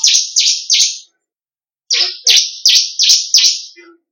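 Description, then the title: Bar-winged prinia song: a burst of three high, buzzy, sweeping notes, a short pause, then five more in quick, even succession; no other sounds. "Suara Ciblek Kristal"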